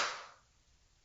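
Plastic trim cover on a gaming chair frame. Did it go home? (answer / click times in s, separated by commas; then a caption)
no / none. A plastic trim cover on the frame of an assembled SONGMICS RCG17GY gaming chair, not properly clipped, is pressed in by hand. A sharp, bright knock opens the clip and fades over about 0.4 seconds into quiet low rumble. Nothing has seated or clicked yet.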